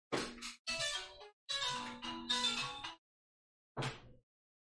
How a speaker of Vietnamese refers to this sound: Sorry các bạn, mình tắt cái tiếng điện thoại chút.